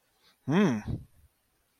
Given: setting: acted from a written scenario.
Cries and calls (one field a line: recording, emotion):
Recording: vocal sound without words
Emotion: desire